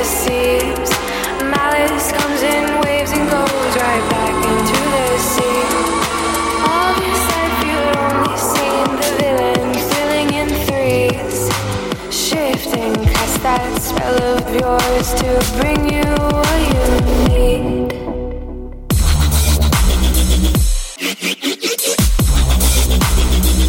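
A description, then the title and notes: Robot noises: dense, shifting electronic tones with warbling pitches and a low droning hum underneath. Rapid clicking pulses build in the middle, then a sudden cut near nineteen seconds switches to a harsh, stuttering low buzz that briefly drops out before returning. Robot noises.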